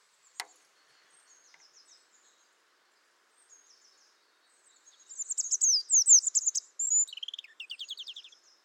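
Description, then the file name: European robin song: a few faint scratchy notes, then a loud burst of high, rapid, sparkling trills and twitters that slide lower near the end. "Erithacus rubecula"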